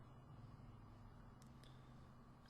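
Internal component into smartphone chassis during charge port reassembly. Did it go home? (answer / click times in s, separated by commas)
no / none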